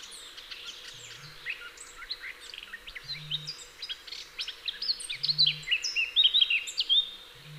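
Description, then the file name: Eurasian blackcap song: a busy, scratchy warble that grows louder and ends in clearer fluted phrases, over a low intermittent hum. "Sylvia atricapilla"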